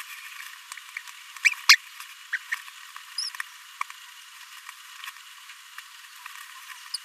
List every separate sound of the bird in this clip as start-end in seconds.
1.45-1.49, 1.69-1.76, 2.33-2.37, 3.18-3.29, 6.94-6.97